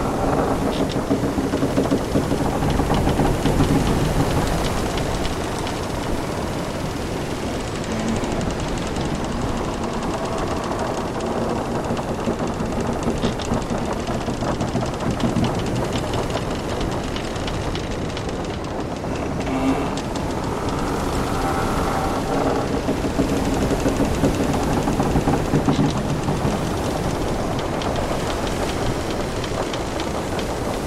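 Sailing on a pirate ship: a steady, dense wash of sound runs throughout, heavy in the lows with a rumbling, rhythmic rolling like water against a hull. Faint creaks and clatters are scattered through it, with slight swells around six and twenty-two seconds.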